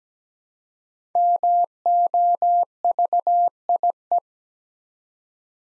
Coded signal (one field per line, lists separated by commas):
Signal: Morse code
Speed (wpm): 17 wpm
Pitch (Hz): 700 Hz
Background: none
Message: MOVIE